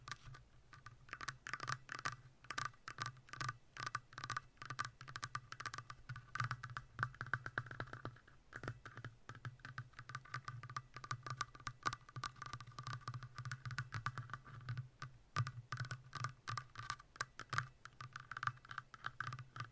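Long nails tap and scratch in a dense, quick run of sharp clicks that continues throughout the twenty seconds, with brief gaps near eight and fifteen seconds. A steady low hum sits underneath, and a faint midrange tone lingers behind the tapping.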